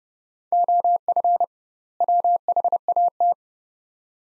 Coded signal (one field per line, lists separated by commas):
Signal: Morse code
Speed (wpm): 30 wpm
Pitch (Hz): 700 Hz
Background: none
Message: OF WHAT